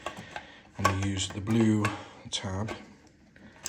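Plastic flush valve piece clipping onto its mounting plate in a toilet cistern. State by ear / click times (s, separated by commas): not seated / none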